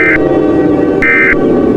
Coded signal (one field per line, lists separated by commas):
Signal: Emergency Alert System (SAME) tones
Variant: end-of-message bursts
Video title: EAS SCENARIO WYOMING'S CATASTROPHE